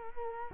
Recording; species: mosquito wingbeat signal from an infrared sensor; Culex quinquefasciatus